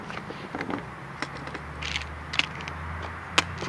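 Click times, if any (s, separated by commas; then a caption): 2.4 s, 3.4 s. A laptop's plastic bottom cover is put back on top of the chassis after the hard drive has been slid into its bay, then pressed down around its edge. A series of small clicks and taps is heard over a low hum, with the two loudest sharp snaps at 2.4 s and 3.4 s. The cover snaps into place and is seated.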